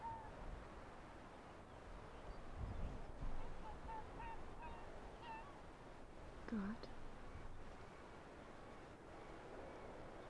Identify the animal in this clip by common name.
Arctic Fox